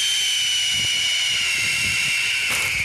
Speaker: Well, so here, yeah, here's the sound of the red-tailed hawk, apparently.